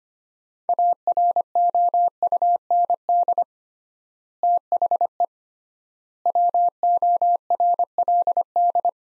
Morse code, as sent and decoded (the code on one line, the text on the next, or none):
.- .-. --- ..- -. -.. / - .... . / .-- --- .-. .-.. -..
AROUND THE WORLD